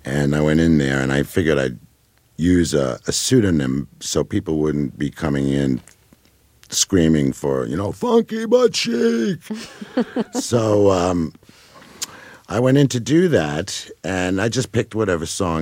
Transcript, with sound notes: And I went in there, and I figured I'd use a pseudonym so people wouldn't be coming in screaming for, you know, `"Pokey Butt Cheek."' (Laughs) So I went in to do that, and I just picked whatever songs.